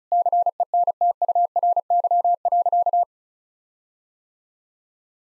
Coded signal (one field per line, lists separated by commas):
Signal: Morse code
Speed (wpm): 36 wpm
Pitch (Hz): 700 Hz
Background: none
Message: CENTURY.